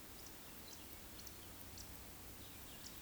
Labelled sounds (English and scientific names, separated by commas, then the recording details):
Eurasian Woodcock (Scolopax rusticola) chase call
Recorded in Baden-Württemberg, Germany, on 13 June 2021 at 20:10 UTC
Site 23718, 552 m above sea level